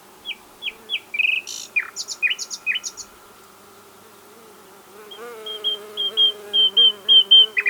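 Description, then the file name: Common nightingale with repeated sharp chirps and downward-swept notes, a pause, then a steady series of clear whistled notes. "Luscinia megarhynchos"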